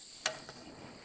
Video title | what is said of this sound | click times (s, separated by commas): Installing and Testing the Giraffe Tools Wall Mounted RETRACTABLE Vacuum! | These are plastic and they snap right into place. | 0.3 s